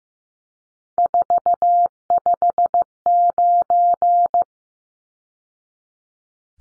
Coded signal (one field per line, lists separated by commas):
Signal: Morse code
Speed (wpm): 15 wpm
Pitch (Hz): 700 Hz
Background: none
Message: 459